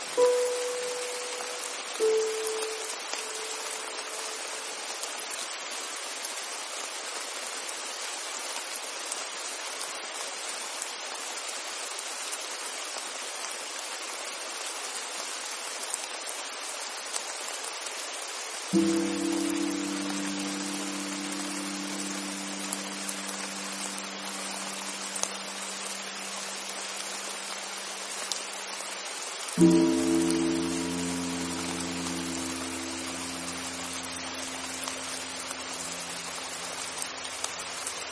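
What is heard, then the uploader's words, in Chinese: Steady, dense rain hisses evenly throughout, a soft patter with no pauses. Low sustained musical tones ring out briefly at the start, then return around 19 seconds and again near 30 seconds as deep, lingering chords beneath the rain. 音符疗愈｜安神雨。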